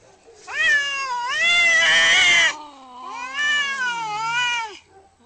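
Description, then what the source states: Domestic cat letting out a loud, rising, snarling yowl that turns rough at its peak, followed by a second softer drawn-out wail sinking into a low growl. Angry cat.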